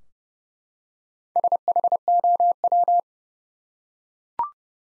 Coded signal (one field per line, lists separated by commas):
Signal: Morse code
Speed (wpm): 30 wpm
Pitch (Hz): 700 Hz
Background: none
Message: SHOW